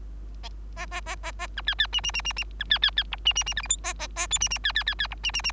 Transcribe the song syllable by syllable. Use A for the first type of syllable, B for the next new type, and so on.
A A A A A B C C D D D D D B C C C E D D D F G H A A A I D D C C C C E D D D